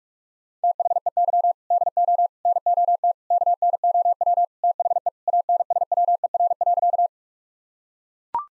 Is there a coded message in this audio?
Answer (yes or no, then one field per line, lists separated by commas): yes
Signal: Morse code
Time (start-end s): 0.6-7.1 s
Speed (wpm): 41 wpm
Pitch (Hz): 700 Hz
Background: none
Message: THEY DO NOT KNOW THE ANSWER.